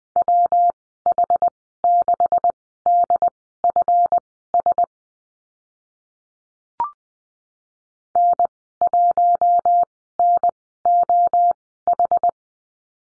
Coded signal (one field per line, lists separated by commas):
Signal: Morse code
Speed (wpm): 20 wpm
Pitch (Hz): 700 Hz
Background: none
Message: WH6DFS N1NOH